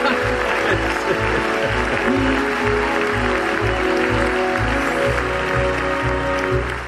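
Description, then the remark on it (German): An audience applauds loudly and steadily as a 45-minute countdown clock is started, the dense clapping running for the whole stretch over a thumping, regular low beat and sustained musical tones. “Jawohl, meine Damen und Herren, sie läuft und das ist doch ein Applaus wert!”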